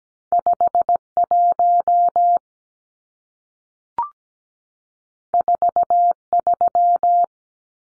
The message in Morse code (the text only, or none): 51 43